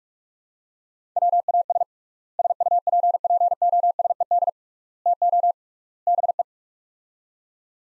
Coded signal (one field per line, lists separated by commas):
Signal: Morse code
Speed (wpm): 43 wpm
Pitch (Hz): 700 Hz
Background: none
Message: WAS SUPPOSED TO BE